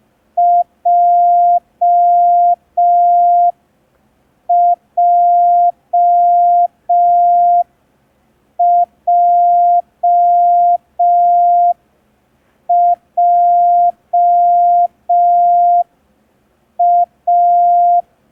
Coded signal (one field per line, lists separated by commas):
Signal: Morse code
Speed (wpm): 5 wpm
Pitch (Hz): 700 Hz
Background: none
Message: JJJJA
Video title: [MC–03] Learn Morse Code in 10 Days (Day 3) – ASOC Tutorials India